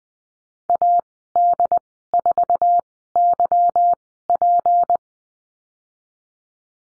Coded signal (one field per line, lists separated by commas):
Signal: Morse code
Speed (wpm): 20 wpm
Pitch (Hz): 700 Hz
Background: none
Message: AD4YP